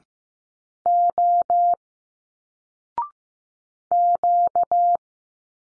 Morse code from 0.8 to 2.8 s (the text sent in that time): O